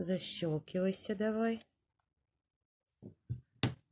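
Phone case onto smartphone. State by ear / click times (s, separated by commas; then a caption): seated / 3.6 s. Someone talks, then a plastic phone case is pressed onto a smartphone, first on one side and then the other. Two quieter pressing sounds come at about 3.0 and 3.3 seconds, and then a single sharp, loud snap rings out at 3.6 seconds as the case clicks into place and is seated.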